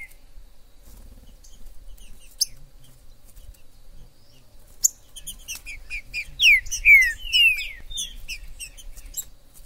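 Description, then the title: Green-winged saltator song: after quiet scattered ticks, a brief run of downslurred whistles in the second half, amid dense high chirping. In the forest: calling, singing and male territorial dispute; used to stimulate a kept trinca-ferro. "TRINCA Piando, Cantando E Macheando Na DISPUTA. TRINCA FERRO no MATO. Trinca ferro MAJOR no MATO"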